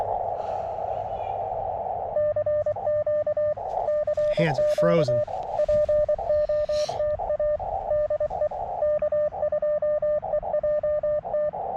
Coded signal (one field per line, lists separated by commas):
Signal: Morse code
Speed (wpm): 24 wpm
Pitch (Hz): 590 Hz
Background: speech, radio noise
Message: CQ CQ POTA DE K2EJT